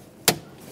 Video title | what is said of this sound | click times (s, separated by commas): How to Replace Front Door Latches 2007-2014 Chevrolet Silverado 2500HD | this will lock it in completely | 0.3 s